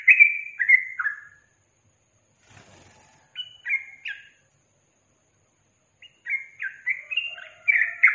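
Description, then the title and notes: Yellow-vented bulbul song: three descending liquid notes, a silent gap, a short trio of notes, then another gap and a quicker bubbling phrase. Masteran training recording for songbirds, featuring the tembakan and ropel song styles. "MASTERAN Trucukan Tembakan Dan Ropel 1. BURUNG TRUCUKAN"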